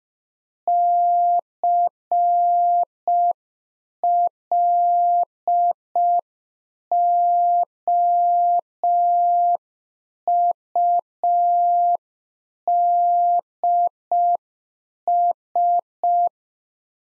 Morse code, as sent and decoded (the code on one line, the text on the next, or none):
-.-. .-.. --- ..- -.. ...
CLOUDS